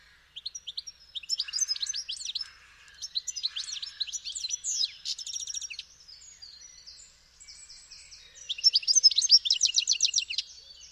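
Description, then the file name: European goldfinch twittering song in several bursts of rapid liquid chirps and trills, with a quieter buzzy stretch before a final lively phrase. "Carduelis carduelis"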